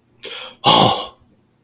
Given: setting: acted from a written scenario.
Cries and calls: vocal sound without words; contempt

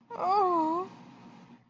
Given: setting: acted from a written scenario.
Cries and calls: vocal sound without words; fear

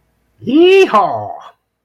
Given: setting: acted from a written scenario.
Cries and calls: vocal sound without words; elation

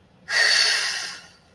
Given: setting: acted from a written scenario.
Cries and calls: vocal sound without words; relief

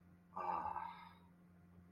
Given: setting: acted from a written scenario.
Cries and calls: vocal sound without words; desire

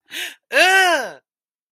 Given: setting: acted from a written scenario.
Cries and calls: vocal sound without words; fear

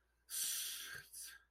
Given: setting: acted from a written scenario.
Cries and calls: vocal sound without words; contempt

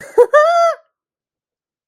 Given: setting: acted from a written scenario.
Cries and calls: vocal sound without words; elation

